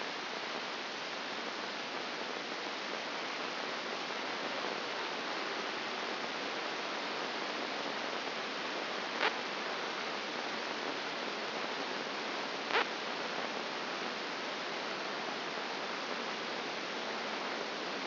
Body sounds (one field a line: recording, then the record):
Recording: brain microelectrode recording played as sound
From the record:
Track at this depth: outside the subthalamic nucleus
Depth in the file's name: 5.501 mm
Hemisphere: left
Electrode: 2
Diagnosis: Parkinson's disease